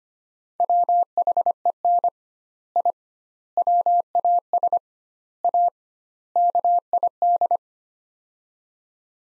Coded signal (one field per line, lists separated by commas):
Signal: Morse code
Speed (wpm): 25 wpm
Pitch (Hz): 700 Hz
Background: none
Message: WHEN I WAS A KID